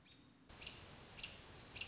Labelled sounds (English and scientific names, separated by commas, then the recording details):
American Robin (Turdus migratorius)
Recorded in Sonoma County, California